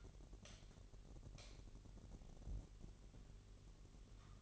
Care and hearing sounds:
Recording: daily activity, microphone in the room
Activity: light on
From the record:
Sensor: 4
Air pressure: 1012.8 hPa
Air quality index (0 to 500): 246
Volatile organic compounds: 4 ppm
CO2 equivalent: 1678 ppm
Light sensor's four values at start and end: 14/32/13/13 and 16/42/16/17

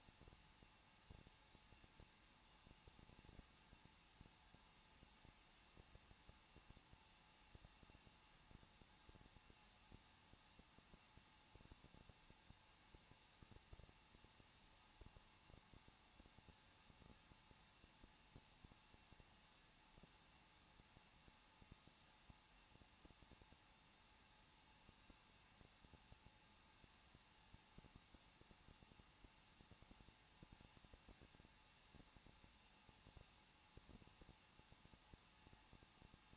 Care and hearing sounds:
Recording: daily activity, microphone in the room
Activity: no activity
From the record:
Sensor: 1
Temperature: 20.1 degrees Celsius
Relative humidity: 39.1%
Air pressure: 1006.5 hPa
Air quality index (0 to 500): 216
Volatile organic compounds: 74 ppm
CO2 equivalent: 3551 ppm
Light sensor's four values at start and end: 1/2/1/1 and 1/2/1/1

